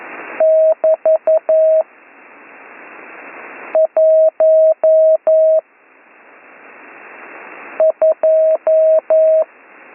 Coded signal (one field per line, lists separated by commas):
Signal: Morse code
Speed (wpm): 11 wpm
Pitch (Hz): 640 Hz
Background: none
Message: <BT> 12